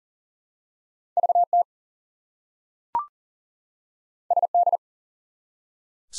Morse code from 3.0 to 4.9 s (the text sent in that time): SD